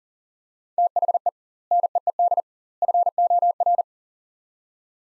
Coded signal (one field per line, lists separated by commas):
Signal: Morse code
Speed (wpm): 40 wpm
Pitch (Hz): 700 Hz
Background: none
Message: THE NEED FOR